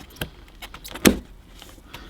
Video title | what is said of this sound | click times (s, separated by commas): Strip your BMW R1250GS Down With Confidence Screw By Screw. | but i'm going to press that down as i press it you're going to hear it pop off | 1.1 s